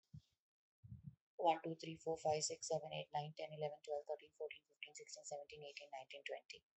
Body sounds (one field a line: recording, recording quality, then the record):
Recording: counting at a fast pace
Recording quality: excellent, no background noise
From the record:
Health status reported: healthy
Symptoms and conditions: none ticked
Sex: female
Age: 42 years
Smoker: not ticked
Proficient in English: yes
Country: India